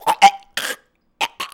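An adult man gives about five short, harsh cough bursts in a second and a half, with a brief pause before the last two. The throaty, retching edge fits coughing with gagging.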